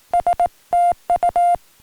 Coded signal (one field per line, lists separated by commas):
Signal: Morse code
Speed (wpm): 19 wpm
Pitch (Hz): 700 Hz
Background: music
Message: STU